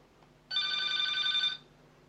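A telephone rings once in a single bright, trilling burst lasting about a second, loud and high-pitched, then stops, leaving only a faint low hum with no one speaking.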